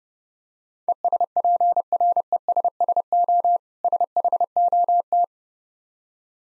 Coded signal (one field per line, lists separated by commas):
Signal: Morse code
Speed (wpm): 30 wpm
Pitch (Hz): 700 Hz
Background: none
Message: ESPRESSO SHOT